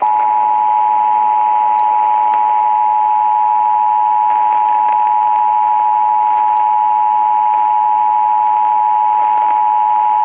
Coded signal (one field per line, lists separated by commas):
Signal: Emergency Alert System (SAME) tones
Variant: 853 and 960 Hz attention tone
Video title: THUNDERSTORMS AGAIN... EAS Alerts from 3/21/24 (EAS#830 - #870)